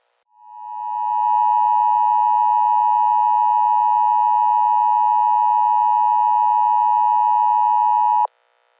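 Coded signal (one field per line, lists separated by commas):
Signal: Emergency Alert System (SAME) tones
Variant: 853 and 960 Hz attention tone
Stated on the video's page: Fictional disease outbreak scenario using valid tones.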